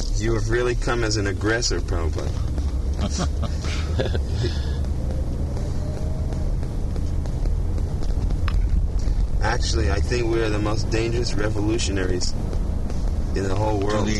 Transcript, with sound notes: You have really come as an aggressor, Prabhupāda. [Prabhupāda laughs] Actually, I think we are the most dangerous revolutionaries in the whole world.